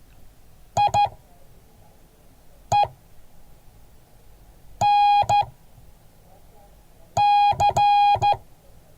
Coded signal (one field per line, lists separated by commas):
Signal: Morse code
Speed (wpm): 14 wpm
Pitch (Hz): 820 Hz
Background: none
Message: I E N C